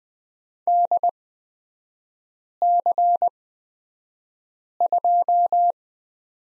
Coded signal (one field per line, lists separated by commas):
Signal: Morse code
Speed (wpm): 20 wpm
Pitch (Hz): 700 Hz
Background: none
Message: DC2